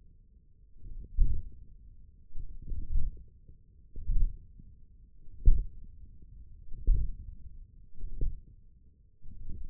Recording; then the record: forearm muscle sounds (acoustic myography)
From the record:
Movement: hook grip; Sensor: system 1, eight BSWA MPA416 microphones around the upper forearm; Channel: 3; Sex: male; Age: 28 years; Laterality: right